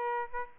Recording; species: mosquito wingbeat signal from an infrared sensor; Aedes albopictus